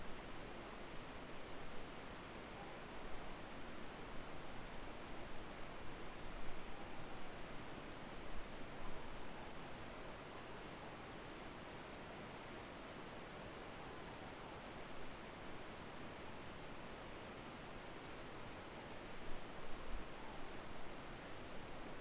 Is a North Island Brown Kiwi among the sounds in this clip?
no